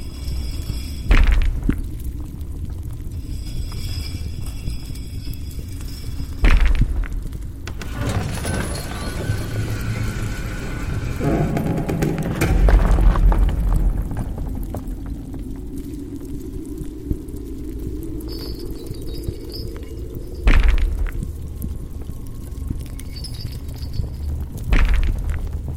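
A dark underworld ambience with a constant deep rumble running beneath. Heavy thuds strike about every five seconds, around 1, 6.5, 20.5 and 25 seconds, while a rough, grinding rush swells in the middle, then a low groaning tone rises and fades.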